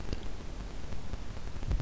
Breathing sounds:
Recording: one breath near a microphone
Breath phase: inhalation

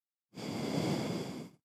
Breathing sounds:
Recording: one breath near a microphone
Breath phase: exhalation

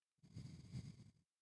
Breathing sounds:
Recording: one breath near a microphone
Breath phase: exhalation

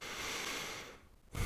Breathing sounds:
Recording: one breath near a microphone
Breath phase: inhalation

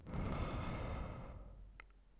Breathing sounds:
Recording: one breath near a microphone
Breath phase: exhalation

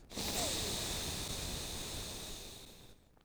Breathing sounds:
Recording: one breath near a microphone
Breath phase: exhalation

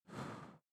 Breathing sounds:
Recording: one breath near a microphone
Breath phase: exhalation

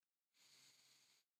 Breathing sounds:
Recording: one breath near a microphone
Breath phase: inhalation

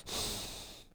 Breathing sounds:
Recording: one breath near a microphone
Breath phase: exhalation

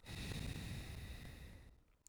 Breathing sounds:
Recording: one breath near a microphone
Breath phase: exhalation

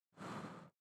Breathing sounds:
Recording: one breath near a microphone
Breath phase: exhalation

